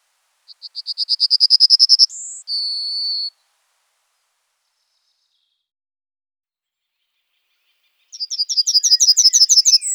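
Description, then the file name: Yellowhammer singing a rapid series of high repeated notes that grow louder, ending in a longer drawn-out note; a second phrase begins after a pause. "emberiza citrinella"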